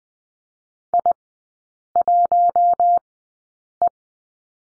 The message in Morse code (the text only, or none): I1E